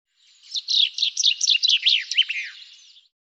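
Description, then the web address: Bird song, one lively phrase of quick high chirps and down-sweeping twitters lasting over two seconds, with silence around it. "Deverinetal 2025 File cleaned normalized Bird Fr Co"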